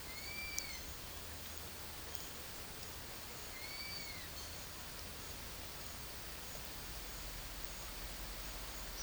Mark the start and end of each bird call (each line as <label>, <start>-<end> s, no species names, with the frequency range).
bird call (1.2-5.4 kHz), 0.00-0.89 s
bird call (1.6-5.4 kHz), 3.54-4.37 s